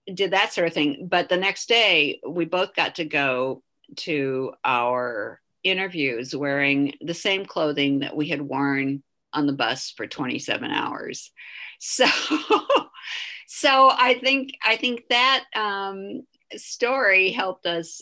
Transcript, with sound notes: did that sort of thing, but the next day we both got to go to our interviews wearing the same clothing that we had worn on the bus for 27 hours. So [laughter] I think that story helped us